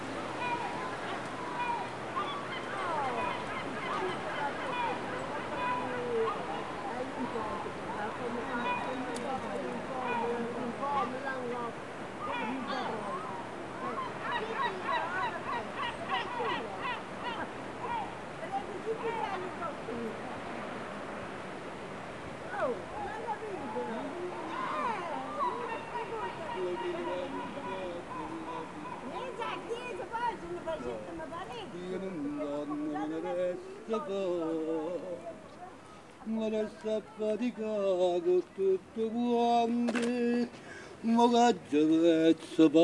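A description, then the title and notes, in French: A busy outdoor town ambience of steady crowd chatter, giving way after thirty seconds to louder voices and sharp, choppy calls. Sur la côte amalfitaine, et dans toute l'Italie, pendant les fêtes de fin d'année, on entend résonner des 'auguri' à toute volée. Entre Noël et le jour de l'an, les ambiances sonores sont riches, de Praiano et son sentier des Dieux, à Amalfi, en passant par Positano ou encore Herculanum et Capri.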